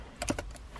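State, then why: Seated. The plastic airbag connector is pushed into its socket on the driver airbag module of a 2013-2020 Ford Fusion during an airbag steering wheel replacement, before its red locking piece is pushed in. A sharp click at 0.2 s is followed by a few quieter clicks and taps. The connector is seated.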